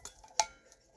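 A fitted accessory piece on a titanium camping mug that was not fully in is pressed the rest of the way home. A sharp metallic snap at 0.4 s seats it fully, with a few faint taps before and after.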